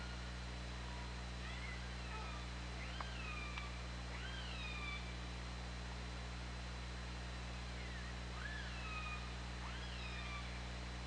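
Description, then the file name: Orca calls: several clear upswept and arched tonal cries repeated throughout, over a steady underwater hum and a faint high tone. Recorded by OrcaLab hydrophone, 24 August 2017, 20:33. "Orca Lab UTLN 20170824 203346 ORCALABDYNI"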